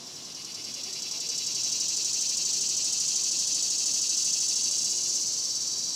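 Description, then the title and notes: Cicadas swelling into a loud, continuous high-pitched buzz with rapid rhythmic pulsing that stays steady to the end. Several cicadas singing outdoors in a cemetery during the daytime in summer. "Ext, Daytime Cicadas, Cemetery, Summer by Bandeto"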